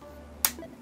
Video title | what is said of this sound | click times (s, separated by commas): The $150 FOLDING PHONE you can buy RIGHT NOW! | There is that very satisfying click. | 0.4 s